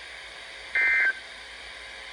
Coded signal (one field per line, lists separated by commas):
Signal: Emergency Alert System (SAME) tones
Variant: end-of-message bursts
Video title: EAS #1157 Tornado Watch